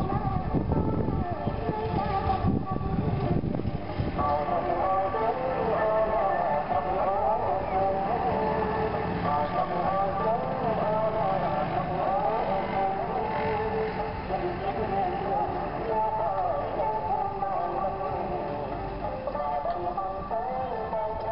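Recorded music with female and male singing plays steadily at an outdoor riverside restaurant, the sound dull and muffled with no crisp highs. A low engine rumble passes in the first four seconds, and voices and background chatter blend in throughout.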